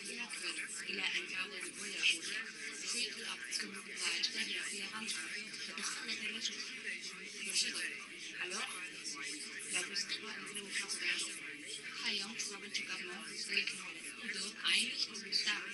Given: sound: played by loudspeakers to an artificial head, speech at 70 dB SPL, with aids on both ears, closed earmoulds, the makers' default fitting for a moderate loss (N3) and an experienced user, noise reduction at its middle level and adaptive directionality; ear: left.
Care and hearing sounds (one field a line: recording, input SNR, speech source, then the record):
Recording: speech test signal (ISTS) in cocktail-party noise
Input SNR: -3 dB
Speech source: on the right (90 degrees)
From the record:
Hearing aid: class 2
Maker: J